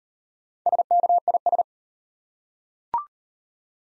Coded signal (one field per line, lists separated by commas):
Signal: Morse code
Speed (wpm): 40 wpm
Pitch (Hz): 700 Hz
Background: none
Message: SKIS